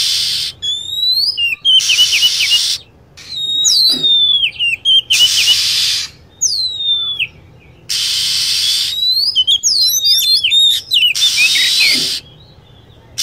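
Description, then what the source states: Lovebird calls: clusters of shrill chirps and descending whistled notes, separated by repeated bursts of steady hissing noise. Lure sound used to attract lovebirds.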